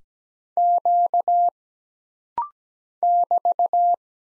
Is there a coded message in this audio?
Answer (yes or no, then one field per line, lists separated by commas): yes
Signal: Morse code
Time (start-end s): 0.6-3.9 s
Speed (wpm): 17 wpm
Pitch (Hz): 700 Hz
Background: none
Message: Q <BT>